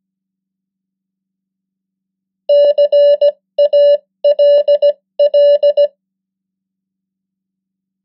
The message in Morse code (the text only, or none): CALL